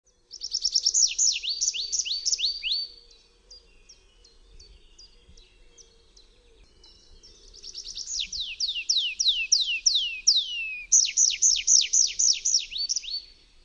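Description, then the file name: Tree pipit song: phrases of high, descending trilled notes, a quiet pause with scattered soft notes, then two more phrases. "SWIERGOTEKDRZEWNY"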